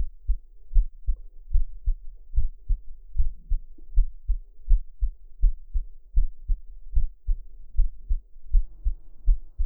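Soft, low, muffled thumps of an adult heartbeat, heard close to the chest, repeat steadily at about 77 beats a minute. Each beat is a lub-dub pair. The rhythm holds even throughout, with a faint low hum behind it. This is a plain, regular heartbeat at a resting rate.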